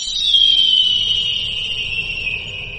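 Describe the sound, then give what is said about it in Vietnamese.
A hawk's clear, piercing cry as it dives hard down from the sky: one long high-pitched scream drawn out for about three seconds and sliding slightly lower, over a low, steady rumble. “Một tiếng chim kêu thanh thoát đột nhiên vang lên.”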